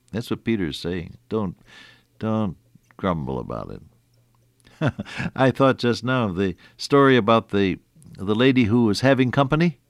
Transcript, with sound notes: That’s what Peter is saying, “Don’t grumble about it.” [chuckle] I thought just now of the story about the lady who was having company.